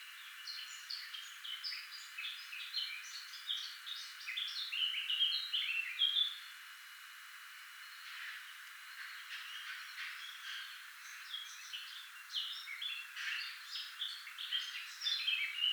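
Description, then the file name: Eurasian blackcap song: long runs of fast, varied warbling, a pause around the middle, then more chattering phrases over light background hiss. "Sylvia atricapilla"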